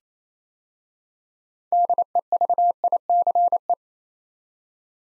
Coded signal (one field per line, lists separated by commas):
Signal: Morse code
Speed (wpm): 29 wpm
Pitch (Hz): 700 Hz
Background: none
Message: DEVICE